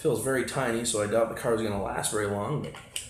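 Someone talks while handling a small lithium-ion battery pack, fitting it into an RC car or its charger, with a brief sharp sound near the end at 3.0 s. The pack is not yet home; nothing has seated or clicked into place.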